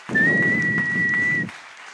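A crowd bursts into dense, steady applause with a single long, high-pitched whistle held over it, lasting about a second and a half before cutting off abruptly.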